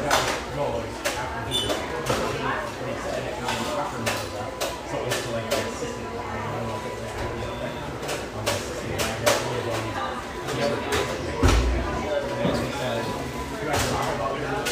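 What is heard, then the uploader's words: Lively coffeeshop ambience with a steady, dense murmur of overlapping voices throughout. Sharp clatters of dishes and cups cut through often, with a louder knock or thump around the eleven-to-twelve second mark amid the busy chatter. Lively ambience from this rustic, bayside coffeeshop.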